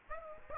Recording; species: mosquito wingbeat signal from an infrared sensor; Aedes aegypti